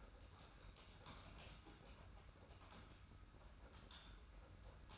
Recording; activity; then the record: daily activity, microphone in the room; typing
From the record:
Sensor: 2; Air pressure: 991.6 hPa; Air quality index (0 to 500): 193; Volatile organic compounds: 1000 ppm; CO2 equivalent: 6348 ppm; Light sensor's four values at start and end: 27/84/33/31 and 27/84/33/31